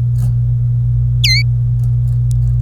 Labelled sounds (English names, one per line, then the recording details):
Domestic Canary song
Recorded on 25 April 2018 at 14:00
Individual llb3